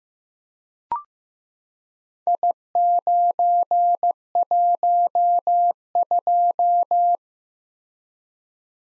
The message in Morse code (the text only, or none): I912